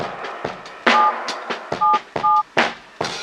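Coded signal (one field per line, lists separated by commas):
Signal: none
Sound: music beat sounds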